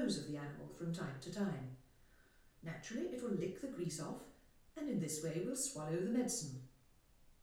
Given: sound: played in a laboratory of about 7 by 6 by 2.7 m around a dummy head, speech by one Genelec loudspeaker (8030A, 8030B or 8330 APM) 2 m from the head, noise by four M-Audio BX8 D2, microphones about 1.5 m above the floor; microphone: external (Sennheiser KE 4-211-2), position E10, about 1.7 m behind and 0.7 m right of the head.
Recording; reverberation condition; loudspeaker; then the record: female speech in English; medium; 30 degrees to the right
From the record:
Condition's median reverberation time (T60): about 510 ms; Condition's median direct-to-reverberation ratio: about -0.5 dB